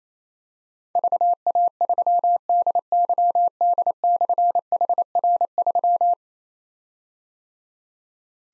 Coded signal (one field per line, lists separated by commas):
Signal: Morse code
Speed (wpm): 29 wpm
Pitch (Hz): 700 Hz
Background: none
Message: VA3DYD/HR3